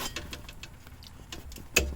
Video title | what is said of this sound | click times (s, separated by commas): 1967 Rambler Drum brake walkthrough | there it goes you heard it click it's through kind | 1.8 s